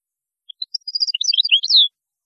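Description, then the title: European goldfinch song, a single brisk phrase of bright twittering notes building to a downward-sliding slurred note. "Chant Chardonneret"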